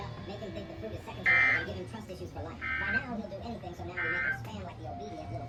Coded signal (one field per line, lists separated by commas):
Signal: Emergency Alert System (SAME) tones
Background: speech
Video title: EAS 363-365